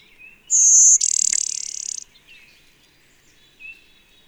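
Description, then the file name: Blue-winged warbler song: a thin, high drawn-out note followed by a lower, harsh buzzy trill lasting about a second, with faint bird notes afterward. "Blue-winged Warbler - Vermivora cyanoptera"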